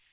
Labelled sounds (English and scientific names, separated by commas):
Magnolia Warbler (Setophaga magnolia) flight call